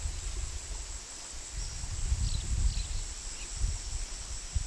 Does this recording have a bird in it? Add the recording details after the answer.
no. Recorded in pastures near Puerto Asís, Putumayo, Colombia, on 18 February 2024 at 10:00. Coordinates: 0.468, -76.328. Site G6414